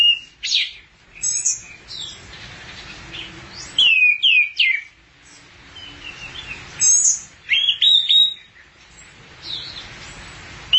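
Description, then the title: Thrush singing: varied phrases of sharp chirps and downslurred whistles, delivered in clusters with short quiet gaps between them. "burung anis x"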